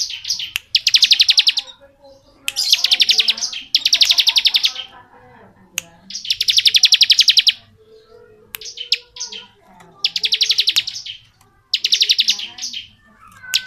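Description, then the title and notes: Bar-winged prinia song: high, rapid buzzy trills in bursts of about a second, repeated with short pauses, over faint low chatter and clicks. Ngebren-style song, used as training audio for tutoring oriental magpie-robins. "Ciblek Ngebren Untuk Masteran Murai Batu. Suara burung ciblek - Suara Nada"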